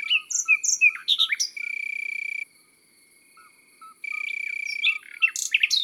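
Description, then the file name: Common nightingale song: varied whistled and chirping notes and quick sweeps, broken by long steady insect-like trills around a pause, with soft low repeated chirps beneath. Recorded in the countryside. "Rossignol philomele Chants doiseaux dans la campagne"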